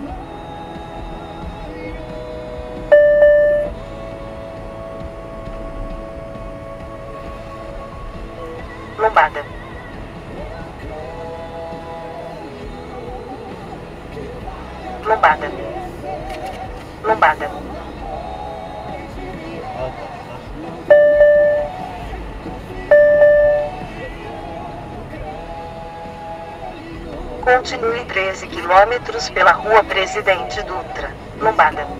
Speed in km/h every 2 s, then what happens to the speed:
49, 38, 16, 19, 26, 34, 40, 43, 44, 44, 36, 20, 20, 28, 35, 40.
0-4 brakes to 16. 4-16 speeds up to 44. 16-22 brakes to 20. 24-32 speeds up to 40.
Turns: none.